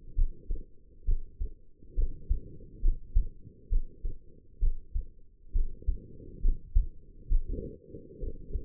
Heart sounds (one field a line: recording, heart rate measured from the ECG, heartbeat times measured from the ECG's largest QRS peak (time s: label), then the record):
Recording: heart sounds by stethoscope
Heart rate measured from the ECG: 67 bpm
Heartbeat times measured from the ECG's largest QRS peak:
0.15 s: heartbeat
1.05 s: heartbeat
1.95 s: heartbeat
2.82 s: heartbeat
3.69 s: heartbeat
4.59 s: heartbeat
5.52 s: heartbeat
6.41 s: heartbeat
7.28 s: heartbeat
8.19 s: heartbeat
From the record:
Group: healthy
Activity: cold pressor test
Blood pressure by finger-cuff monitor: 109/71 mmHg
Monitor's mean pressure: 83 mmHg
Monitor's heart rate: 67 bpm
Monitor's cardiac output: 5.3 L/min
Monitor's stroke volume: 78 mL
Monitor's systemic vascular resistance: 1150 dyn s/cm5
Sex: female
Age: 22 years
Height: 160 cm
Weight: 45 kg